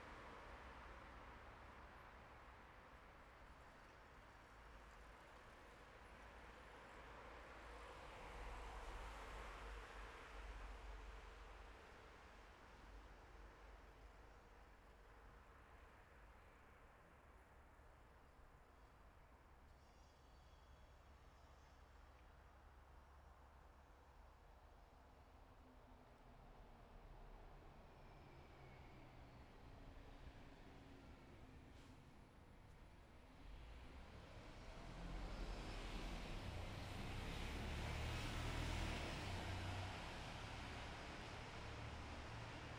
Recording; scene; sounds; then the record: everyday scene through a hearing-aid microphone; in traffic; traffic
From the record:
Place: bus stop on a city main road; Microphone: behind the ear, left, rear